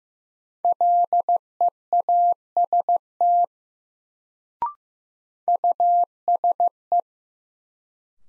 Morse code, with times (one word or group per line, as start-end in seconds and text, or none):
0.6-3.4 LEAST
5.5-7.0 USE